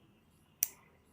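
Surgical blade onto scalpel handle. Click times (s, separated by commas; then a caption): 0.6 s. A BP surgical blade is slid onto the slot of a metal BP scalpel handle until it locks in place. A single sharp, bright click sounds at 0.6 s against a quiet background, confirming the blade has seated on the handle.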